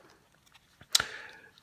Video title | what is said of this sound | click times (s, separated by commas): How To Upgrade or Change a Motorola APX Housing | and it'll just snap right in place | 0.9 s